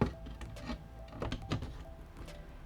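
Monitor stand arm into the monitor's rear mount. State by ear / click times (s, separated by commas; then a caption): seated / 1.5 s. A plastic and metal stand arm is angled into the mount on the back of a KTC G27P6 OLED monitor and pressed down until it locks. Soft handling knocks at about 0.0, 0.4, 1.2 and 1.3 seconds lead up to a crisp click at 1.5 seconds as the arm seats firmly, over quiet background music.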